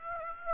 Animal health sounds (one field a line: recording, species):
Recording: mosquito wingbeat signal from an infrared sensor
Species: Aedes aegypti